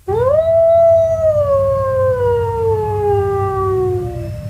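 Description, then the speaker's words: Gray wolf howling: one long, smooth howl that rises quickly, holds steady, then slowly slides lower over about four seconds. Recorded at Denali National Park and Preserve, Alaska; sound described as beautiful and haunting. "Finally, in the mammal department, let's listen to the wolf. And this is the Denali National Park and Preserve in Alaska"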